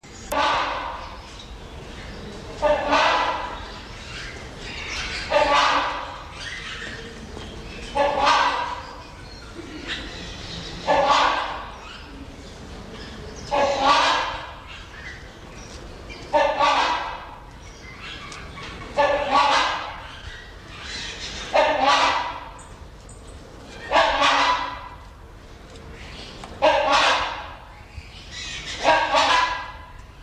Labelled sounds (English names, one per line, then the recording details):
Rhinoceros Hornbill duetting
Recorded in captivity
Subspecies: borneoensis
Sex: pair
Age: adult
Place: Zoo Berlin, Berlin, DE
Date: 1988-10-07 12:31
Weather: bedeckt, 12°C, Wind
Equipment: Sony WM-D6C, Kopie Uher
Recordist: Tembrock, Günter